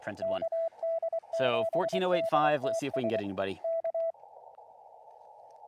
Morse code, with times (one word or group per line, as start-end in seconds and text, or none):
0.2-3.2 KD7DTS
3.6-4.1 K